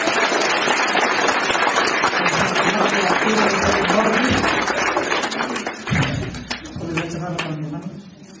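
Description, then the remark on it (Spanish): Loud, sustained audience applause offered to the Father in the name of Jesus, a dense crackle of many hands clapping for about six seconds, then thinning out as voices rise over the fading claps. “Al final, trompeta, un fuerte aplauso al Padre, en el nombre de Jesús.”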